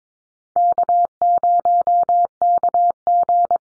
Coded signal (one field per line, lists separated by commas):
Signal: Morse code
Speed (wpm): 22 wpm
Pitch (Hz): 700 Hz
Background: none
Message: K0KG